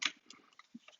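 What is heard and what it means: A plastic cover on the clamp foot of a Thule roof rack for a 2019-2022 Audi A6 4-door sedan is pressed back on by hand. A sharp click at 0.1 s marks the cover seating, followed by several fainter plastic ticks.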